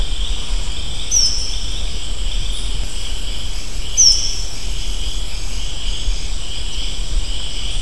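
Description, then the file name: Blue-backed tanager giving two thin, high, downslurred whistles about three seconds apart against constant buzzing insects and a low, steady rumble. Recorded at Montagne de Fer, French Guiana. "tangara cyanictere montagne de fer"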